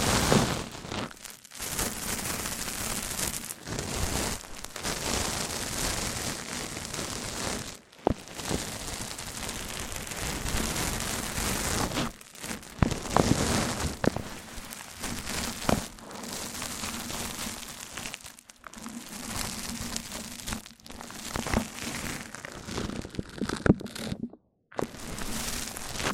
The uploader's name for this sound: MIC ON MIC Triggers Richer Sounds